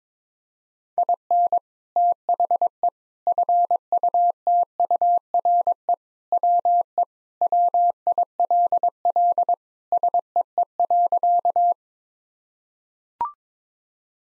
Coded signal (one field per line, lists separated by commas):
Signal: Morse code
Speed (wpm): 21 wpm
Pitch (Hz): 700 Hz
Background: none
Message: IN THE FUTURE WE WILL SEE.